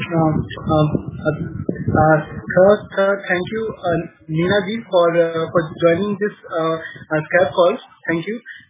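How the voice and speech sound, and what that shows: An adult man speaking on a Skype call, with stuttering.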